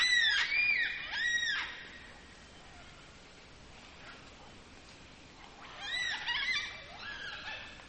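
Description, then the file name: Black cockatoo making harsh, wavering wails, two close together at the start and another pair near the end, with a quiet gap between. "Black Cocky"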